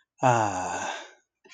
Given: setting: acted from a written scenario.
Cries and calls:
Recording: vocal sound without words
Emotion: relief

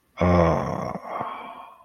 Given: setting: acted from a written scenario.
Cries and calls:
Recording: vocal sound without words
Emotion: contentment

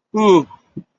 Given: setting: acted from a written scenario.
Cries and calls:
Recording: vocal sound without words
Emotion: relief

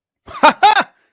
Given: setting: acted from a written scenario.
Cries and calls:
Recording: vocal sound without words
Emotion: positive surprise

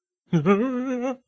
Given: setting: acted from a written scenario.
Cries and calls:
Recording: vocal sound without words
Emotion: fear

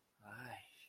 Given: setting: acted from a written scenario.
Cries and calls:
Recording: vocal sound without words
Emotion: desire

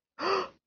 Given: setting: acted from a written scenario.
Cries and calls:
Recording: vocal sound without words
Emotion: distress

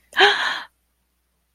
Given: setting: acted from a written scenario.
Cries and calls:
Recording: vocal sound without words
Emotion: positive surprise

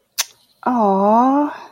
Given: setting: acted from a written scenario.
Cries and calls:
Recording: vocal sound without words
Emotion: sympathy

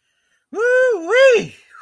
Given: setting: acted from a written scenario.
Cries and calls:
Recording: vocal sound without words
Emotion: pride

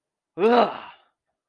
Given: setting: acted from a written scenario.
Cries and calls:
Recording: vocal sound without words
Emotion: contempt

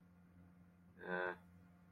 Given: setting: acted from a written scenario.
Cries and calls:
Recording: vocal sound without words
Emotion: neutral

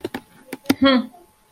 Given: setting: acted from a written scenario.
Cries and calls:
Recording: vocal sound without words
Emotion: contempt

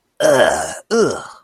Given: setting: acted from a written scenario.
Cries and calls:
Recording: vocal sound without words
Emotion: disgust

